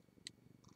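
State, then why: Partly seated. A wire loop on a memory wire bracelet is turned to capture two dangles, a keychain and a charm, over a low, rumbling background. One sharp, bright pop sounds at 0.3 s, and a second bright tick follows near 0.8 s. Only one of the two dangles has popped on, so the loop is only partly closed.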